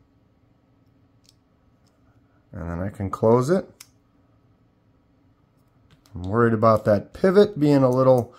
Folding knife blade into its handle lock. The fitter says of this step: it locks into place